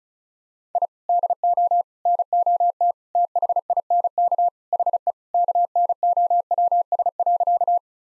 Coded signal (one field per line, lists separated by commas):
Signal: Morse code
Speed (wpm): 34 wpm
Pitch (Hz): 700 Hz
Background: none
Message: I DO NOT THINK HE KNOWS.